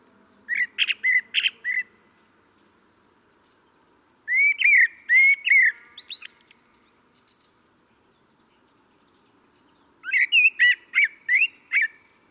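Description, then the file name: Common blackbird singing three separate phrases of fluty whistles. Some phrases include thin, high twitters, with quiet pauses of a few seconds between them. "Turdus merula"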